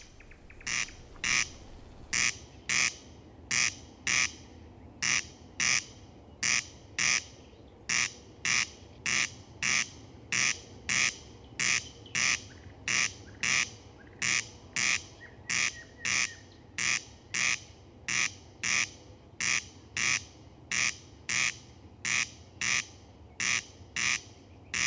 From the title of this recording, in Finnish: Ruisrääkkä